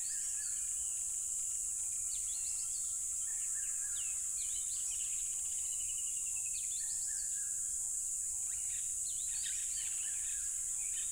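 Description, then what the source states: Crickets in a steady, shrill high-pitched chorus that never pauses, with many whistled and chirping bird calls overlapping throughout. Loud crickets along a tropical river.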